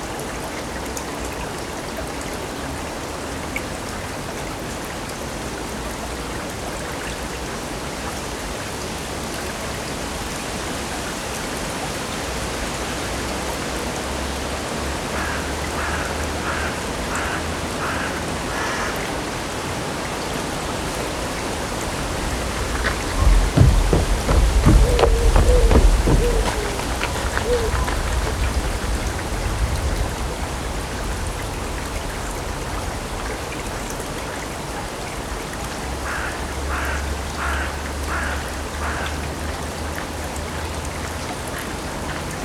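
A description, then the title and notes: A steady, dense wash of running water fills the recording along the river in Odense, Denmark, with a low rumble underneath. Rhythmic ticking or chirping bursts appear around 15–18 seconds and again near 36–40 seconds, and a louder thumping passage swells around 23–28 seconds. Sounds along the river in Odense, Denmark.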